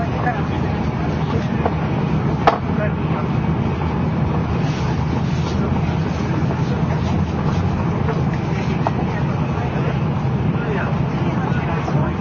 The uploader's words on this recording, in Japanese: JRN700系 京都〜新横浜。ひかり530号に乗車し、録音しました。